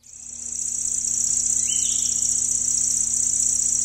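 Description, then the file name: Lanceolated warbler song, an unbroken high reel of rapid ticking notes, rising in volume at the start; a brief faint chirp slips in. "Llanciolata"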